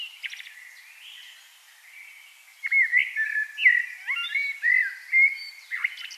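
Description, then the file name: Common blackbird warbling steadily, with repeated looping whistles and sharp high accents, after a quieter start with soft twittering. "Turdus merula"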